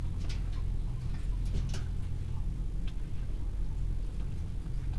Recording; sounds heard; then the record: poultry house recording; sick chickens (respiratory disease)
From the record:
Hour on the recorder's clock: 15